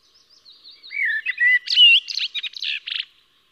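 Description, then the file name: Eurasian blackbird song opening with faint high notes, then a mellow fluted warble building to louder slurred whistles and ending in rapid, buzzy twittering. "Koltrast"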